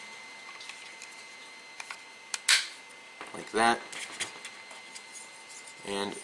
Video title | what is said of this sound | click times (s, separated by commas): Arctic Dolphin adt210 tc | side in first and just kind of push down oops and just kind of push down on the negative and it will snap into place every time | 2.3 s, 2.5 s